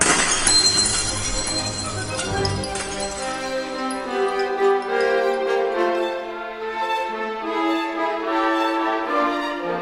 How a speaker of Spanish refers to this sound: «¡No puedo soportar esto más tiempo!», gritó ella, saltando y tomando el mantel con ambas manos. Un buen tirón y platos, fuentes, invitados y candelabros se fueron en montón al suelo con estrépito.